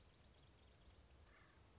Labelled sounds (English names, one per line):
Acorn Woodpecker